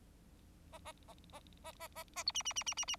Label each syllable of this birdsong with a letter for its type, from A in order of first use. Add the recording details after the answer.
A A A A A A A A B C C C C C C. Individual Bird4